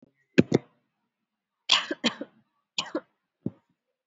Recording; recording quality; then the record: shallow voluntary cough; excellent, no background noise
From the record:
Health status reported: COVID-19 positive, moderate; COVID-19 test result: positive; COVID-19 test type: RT-PCR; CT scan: not taken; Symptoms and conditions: cold, sore throat, loss of smell and taste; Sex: female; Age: 35 years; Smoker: no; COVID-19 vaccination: one dose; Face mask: worn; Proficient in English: yes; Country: India